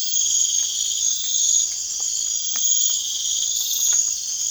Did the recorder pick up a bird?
no